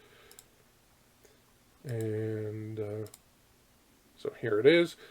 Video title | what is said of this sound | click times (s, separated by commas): Part 3 - More New Blackstone Accessories 2021 - Adventure Ready Serve and Store Prep Cart | fold out and lock into place | 0.3 s, 0.4 s